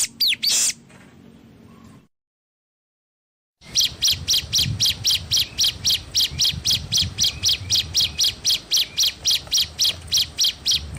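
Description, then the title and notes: Spiderhunter calls: after a loud opening note and a brief silence, sharp high chips follow in a fast, steady stream. Bird singing actively (gacor) with a clear, long song; cage-bird training song (masteran). "Pijantung Gunung Gacor Jernih Panjang. Masteran burung"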